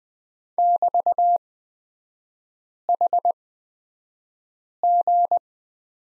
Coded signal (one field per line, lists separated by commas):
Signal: Morse code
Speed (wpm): 20 wpm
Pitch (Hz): 700 Hz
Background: none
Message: <BT>HG